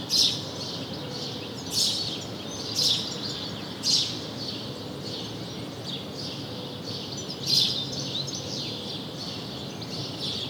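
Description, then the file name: House sparrow chirps, sharp single notes coming about once a second early on, then a longer gap before one last chirp, with low background hiss. "Passer domesticus"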